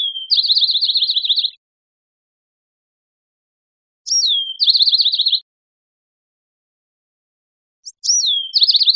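Bewick's wren song repeated about every four seconds: a short downslurred whistle leading into a quick buzzy trill, three phrases in clean quiet conditions.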